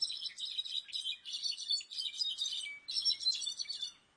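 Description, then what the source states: Brown-backed solitaire song: a rapid, jangling cascade of high, metallic, tinkling notes in dense bursts, with a brief pause before a final flourish. Second of two songs with different structures and durations, learned according to where birds grow up, like regional dialects; sung year-round in high-altitude forests from Mexico to Central America.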